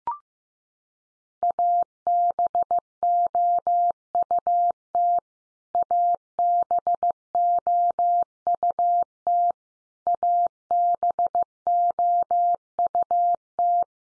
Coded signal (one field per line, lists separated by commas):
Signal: Morse code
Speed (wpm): 15 wpm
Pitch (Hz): 700 Hz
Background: none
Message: ABOUT ABOUT ABOUT